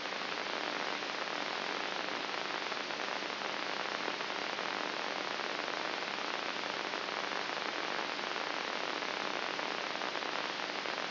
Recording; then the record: brain microelectrode recording played as sound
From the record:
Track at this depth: inside the subthalamic nucleus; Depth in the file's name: 5.04 mm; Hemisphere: right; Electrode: 3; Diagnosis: Parkinson's disease